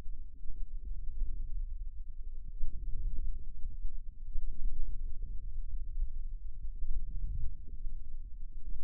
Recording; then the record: forearm muscle sounds (acoustic myography)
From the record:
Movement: inward rotation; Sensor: system 2, bracelet of six BSWA MPA416 microphones around the upper forearm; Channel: 1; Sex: male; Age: 22 years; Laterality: right